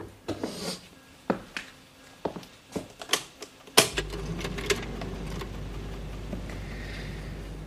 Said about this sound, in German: Verflixt, dieser Mondstaub dringt auch überall ein. Ich werde den Luftfilter einschalten.